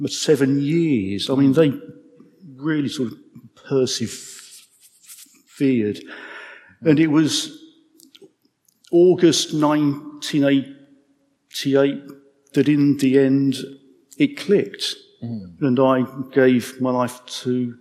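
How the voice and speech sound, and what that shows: A 55-year-old man who has a stammer speaks in short bursts broken by silent gaps of up to about a second. Sounds are drawn out and there is a tense stall within 'persevered', showing the prolongations and blocks of stuttering.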